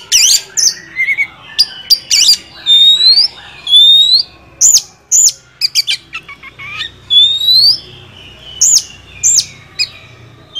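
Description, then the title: Oriental magpie-robin song: varied whistling with rising slurs and sharp chips, delivered in quick bursts with short pauses. Champion (juara) kacer song, used to train other songbirds (masteran). "Masteran Kacer Juara"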